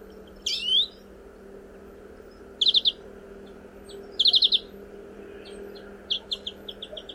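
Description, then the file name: European greenfinch calls: a rising buzzy note, then short rapid trills of four to six clipped notes repeated every second or two, over a steady low hum. "Chloris chloris"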